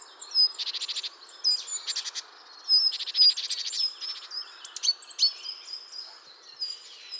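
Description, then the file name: Great tit calls: several buzzy churring rattles, interspersed with thin high whistled notes and a few sharp chips. "Parus major"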